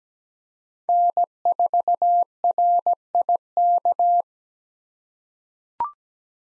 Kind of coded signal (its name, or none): Morse code